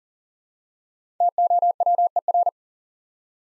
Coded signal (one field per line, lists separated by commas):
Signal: Morse code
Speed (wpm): 39 wpm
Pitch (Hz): 700 Hz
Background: none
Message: TOWER